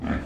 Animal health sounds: pig call; growing-finishing pig (85 days or more)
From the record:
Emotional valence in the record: negative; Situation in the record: barren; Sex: female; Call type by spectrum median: low-frequency call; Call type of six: low-frequency modulated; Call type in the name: low-frequency modulated, not sure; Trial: 1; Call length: 0.26 s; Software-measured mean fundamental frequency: 57 Hz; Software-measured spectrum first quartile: 183 Hz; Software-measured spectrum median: 334 Hz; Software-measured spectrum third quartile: 1090 Hz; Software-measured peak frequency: 245 Hz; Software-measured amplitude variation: 144 dB a second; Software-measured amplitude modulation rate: 21.2 a second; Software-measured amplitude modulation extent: 6.8 dB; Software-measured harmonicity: 1.4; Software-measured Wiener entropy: -1.49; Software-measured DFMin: 978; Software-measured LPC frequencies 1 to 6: 1647, 3272, 4625, 5698, 6660, 7408 Hz

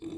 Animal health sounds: pig call; weaner (32 to 43 days)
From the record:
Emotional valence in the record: positive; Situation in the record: positive conditioning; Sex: female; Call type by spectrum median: low-frequency call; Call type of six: low-frequency stable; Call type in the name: low-frequency stable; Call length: 0.18 s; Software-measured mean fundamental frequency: 41 Hz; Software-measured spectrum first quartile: 297 Hz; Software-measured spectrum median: 354 Hz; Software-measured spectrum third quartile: 688 Hz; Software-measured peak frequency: 322 Hz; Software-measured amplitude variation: 134 dB a second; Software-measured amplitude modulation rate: 16.9 a second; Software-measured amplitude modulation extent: 7.9 dB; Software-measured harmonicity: 8.5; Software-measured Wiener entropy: -0.88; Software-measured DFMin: 1090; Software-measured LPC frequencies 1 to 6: 332, 1028, 2406, 3563, 4728, 5986 Hz

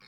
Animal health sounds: pig call; piglet (1 to 25 days)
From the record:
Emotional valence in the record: positive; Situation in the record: short reunion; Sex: male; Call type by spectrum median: high-frequency call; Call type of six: low-frequency tonal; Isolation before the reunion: 3 minutes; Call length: 0.08 s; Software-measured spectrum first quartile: 1385 Hz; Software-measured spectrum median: 2482 Hz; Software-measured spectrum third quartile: 4440 Hz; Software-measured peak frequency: 2187 Hz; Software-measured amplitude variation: 68 dB a second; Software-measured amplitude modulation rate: 6.0 a second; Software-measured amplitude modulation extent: 11.2 dB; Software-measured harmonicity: -0.9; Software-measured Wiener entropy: -1.21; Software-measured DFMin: 495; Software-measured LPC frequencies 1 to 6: 1252, 2257, 3797, 4288, 5067, 7201 Hz

